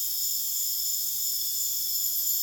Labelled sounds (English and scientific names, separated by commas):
none